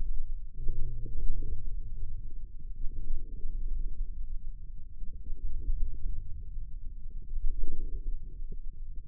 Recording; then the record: forearm muscle sounds (acoustic myography)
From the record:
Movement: wrist extension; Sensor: system 2, bracelet of six BSWA MPA416 microphones around the upper forearm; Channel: 6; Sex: male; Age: 22 years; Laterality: right